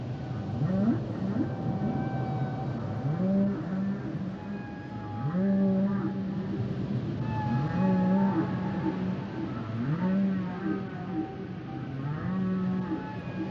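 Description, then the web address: Whale song of low drawn-out moans repeated every few seconds, with rising starts and fainter higher tones above, over steady low rumble. "Natures Songs Whale Songs Whales and Dolphins - whale nature sounds songs"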